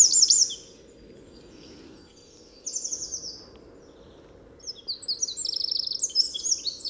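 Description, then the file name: Eurasian wren delivering short high trilled phrases separated by pauses, ending in a longer run of rapid, rattling, high-pitched notes. "Troglodytes troglodytes"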